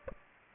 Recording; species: mosquito wingbeat signal from an infrared sensor; Aedes aegypti